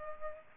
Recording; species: mosquito wingbeat signal from an infrared sensor; Culex pipiens